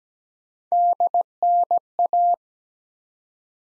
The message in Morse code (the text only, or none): DNA